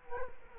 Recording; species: mosquito wingbeat signal from an infrared sensor; Culex quinquefasciatus